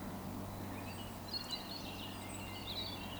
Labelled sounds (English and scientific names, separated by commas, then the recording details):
Eurasian Woodcock (Scolopax rusticola)
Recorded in Baden-Württemberg, Germany, on 16 June 2020 at 20:05 UTC
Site 14569, 102 m above sea level